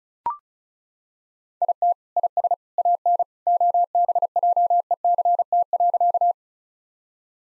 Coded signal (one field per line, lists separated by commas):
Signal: Morse code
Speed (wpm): 36 wpm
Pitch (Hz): 700 Hz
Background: none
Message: IT IS AN OBJECT.